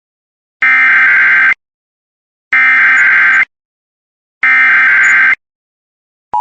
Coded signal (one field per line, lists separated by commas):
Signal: Emergency Alert System (SAME) tones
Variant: header bursts